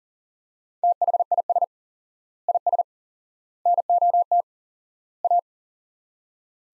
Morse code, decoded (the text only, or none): THIS IS NOT A